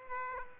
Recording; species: mosquito wingbeat signal from an infrared sensor; Aedes aegypti